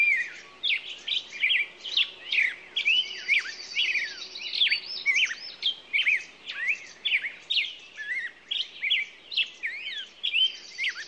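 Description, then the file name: Songbirds singing in a busy chorus of sharp whistled and chirping phrases, many overlapping rising and falling notes, with a high trill appearing twice. Morning songbirds. "Echoes Of Nature-Morning Songbirds"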